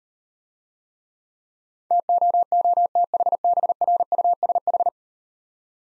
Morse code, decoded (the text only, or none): TOOTHBRUSH